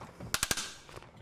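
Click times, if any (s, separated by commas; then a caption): 0.3 s, 0.4 s, 0.5 s. The plastic toothed ratcheting wheel strap of a Thule Easyfold XT 2 hitch platform bike rack is pulled down around an e-bike tire into the wheel tray buckle. Three sharp ratchet clicks ring out at 0.3, 0.4 and 0.5 s, followed by a quieter tick near 1.2 s. The strap is clicked down good and tight.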